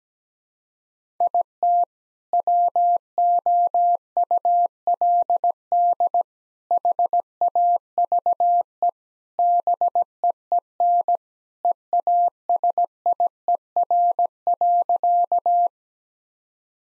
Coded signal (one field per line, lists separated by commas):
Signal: Morse code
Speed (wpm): 17 wpm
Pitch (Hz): 700 Hz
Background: none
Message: IT WOULD HAVE BEEN EASIER.